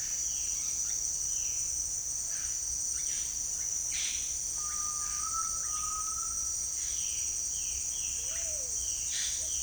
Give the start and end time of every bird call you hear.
[0.00, 4.29] Violaceous Jay (Cyanocorax violaceus)
[0.49, 5.73] Russet-backed Oropendola (Psarocolius angustifrons)
[4.51, 6.69] Undulated Tinamou (Crypturellus undulatus)
[5.53, 9.62] Violaceous Jay (Cyanocorax violaceus)
[8.09, 9.62] Pale-vented Pigeon (Patagioenas cayennensis)

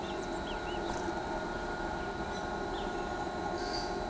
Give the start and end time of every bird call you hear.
[0.00, 0.80] Great Kiskadee (Pitangus sulphuratus)

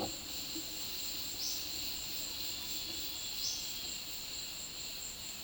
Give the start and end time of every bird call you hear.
[1.41, 1.61] Olive-faced Flatbill (Tolmomyias viridiceps)
[3.42, 3.65] Olive-faced Flatbill (Tolmomyias viridiceps)

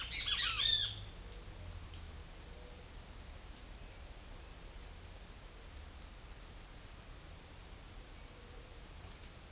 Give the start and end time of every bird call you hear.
[0.00, 0.96] Great Kiskadee (Pitangus sulphuratus)

